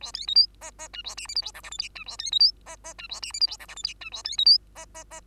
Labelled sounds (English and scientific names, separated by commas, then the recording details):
Bengalese Finch (Lonchura striata domestica) song
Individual Bird2